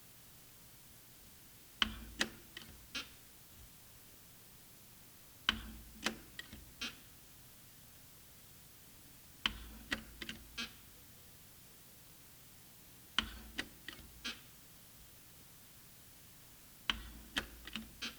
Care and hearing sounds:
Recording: daily activity, guitar pickup as the sensor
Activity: manipulate door

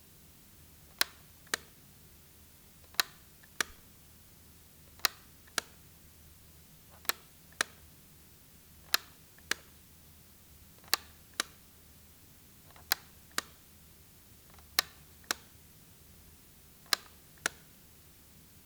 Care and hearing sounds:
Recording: daily activity, guitar pickup as the sensor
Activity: operate light

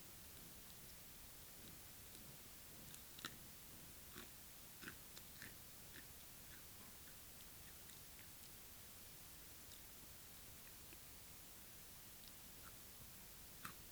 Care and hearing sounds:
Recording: daily activity, guitar pickup as the sensor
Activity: eat

